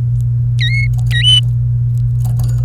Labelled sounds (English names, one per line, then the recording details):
Domestic Canary song
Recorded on 28 April 2018 at 09:22
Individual llb3